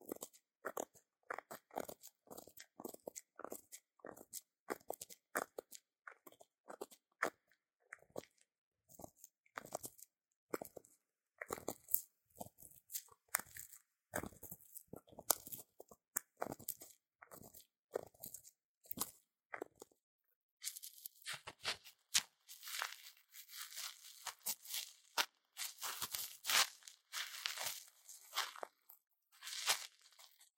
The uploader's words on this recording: 台灣ASMR | 掏穿你的耳朵 | 耳掃除 | Ear Cleaning | NO Talking.